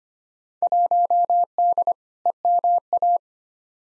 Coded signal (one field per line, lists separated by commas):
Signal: Morse code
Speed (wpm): 25 wpm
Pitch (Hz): 700 Hz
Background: none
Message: 1D EMA